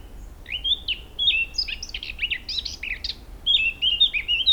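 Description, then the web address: Eurasian blackcap song with a quick string of bright, slurred whistles and scratchy warbles, varied in pitch, ending in a run of clear fluty notes. "pub SETE data Sylvia atricapilla"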